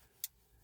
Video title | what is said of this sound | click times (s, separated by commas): How to Install Miracase Cell Phone Holder Universal Mount for Vents, Windshield, and Dash | I'm going to take this ball and you're just going to push it in and you're going to hear it click. | 0.2 s